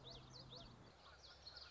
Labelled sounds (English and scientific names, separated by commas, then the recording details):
Common Yellowthroat (Geothlypis trichas)
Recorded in Sonoma County, California